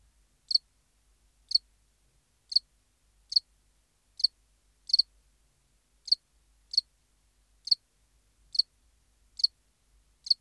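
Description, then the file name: House cricket chirping: a dozen crisp, high chirps spaced roughly one second apart, nothing else audible. "Acheta domesticus"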